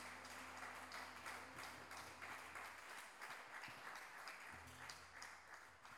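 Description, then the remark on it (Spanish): Sustained audience applause for a Chilean woman after her recited verses at the first Pluricultural Encounter Pueblo de las Lenguas Vivas in Salta, a dense, steady wash of many hands clapping for the whole stretch, with a low hum running underneath and no voices standing out. “Un aplauso fuerte para esta guerrera chilena.”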